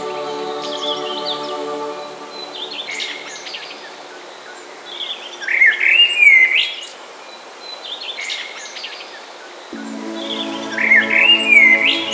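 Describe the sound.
Bird song in bursts of whistled, rising and falling phrases every few seconds, with a soft humming drone underneath that returns near the end.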